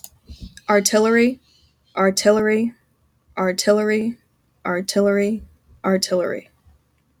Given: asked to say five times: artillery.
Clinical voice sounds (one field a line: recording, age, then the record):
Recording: repeated word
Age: 20 to 29 years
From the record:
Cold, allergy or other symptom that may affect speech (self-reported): no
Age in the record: 22 years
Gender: other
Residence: New York, United States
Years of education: 16